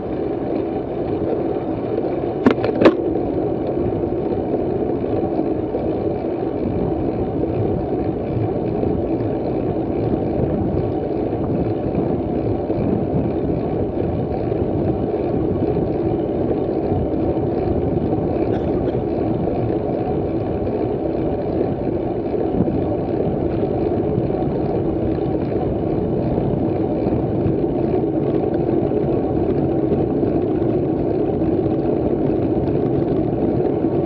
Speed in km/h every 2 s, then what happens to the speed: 26, 27, 27, 27, 28, 28, 27, 28, 28, 28, 28, 28, 28, 27, 27, 28, 28.
0-34 steady at about 28.